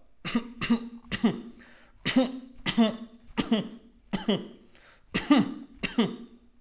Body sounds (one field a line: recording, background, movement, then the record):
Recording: voluntary coughing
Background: quiet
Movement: sitting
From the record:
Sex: male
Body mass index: 22.0 kg/m2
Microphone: on the chest, facing outward